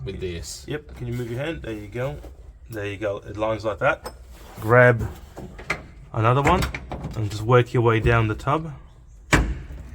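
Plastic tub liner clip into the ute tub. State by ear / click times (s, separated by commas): seated / 9.3 s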